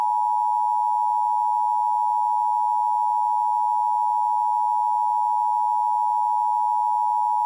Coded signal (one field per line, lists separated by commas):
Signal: Emergency Alert System (SAME) tones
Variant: 853 and 960 Hz attention tone